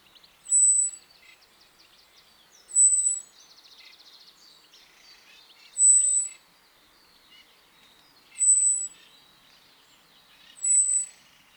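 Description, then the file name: Common blackbird uttering five thin, high sustained notes at intervals of two to three seconds, against a faint mix of chirps and trills from other birds. "Turdus merula"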